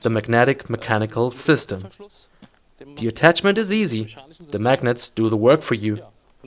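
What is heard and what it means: A tank bag with a magnetic-mechanical closure is being handled over the tank ring on the fuel tank of a Kawasaki Z650, ready to lock onto it. Someone talks throughout. Nothing has seated or clicked yet; the bag is not yet locked onto the ring.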